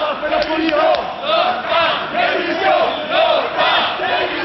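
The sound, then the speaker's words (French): A hostile crowd of opponents, including about a hundred CFDT militants (railway workers and teachers), boos and shouts loudly and continuously as Nicole Nata is forced to leave the march, many voices overlapping in rising and falling waves of jeering without a break. “Dans la voiture, Nicole Nata doit quitter le défilé sous les huées de ses opposants, mais un groupe d'une centaine de militants de la CFDT, cheminots et enseignants confondus, la poursuit jusqu'à sa voiture dans un climat de plus en plus violent.”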